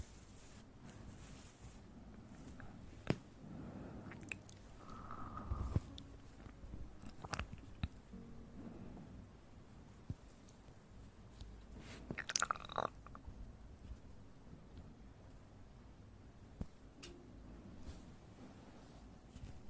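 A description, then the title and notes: Ear eating: wet, squishy mouth sounds and soft chewing, with low smacking that comes and goes over a quiet murmuring bed. Sharp clicks and crunches stand out around 3, 6, 7.5 and 12.5 seconds. A brief whistle-like tone appears near 5 seconds. Relaxing Ear Eating.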